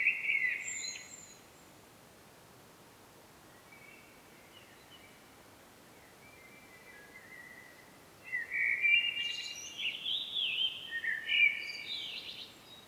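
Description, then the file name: Common blackbird song: a brief phrase, a long quieter stretch with faint notes, then a louder sequence of fluty warbles and shrill twittering notes. "Turdus merula"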